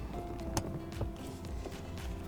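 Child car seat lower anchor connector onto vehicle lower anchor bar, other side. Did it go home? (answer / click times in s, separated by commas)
yes / 0.6 s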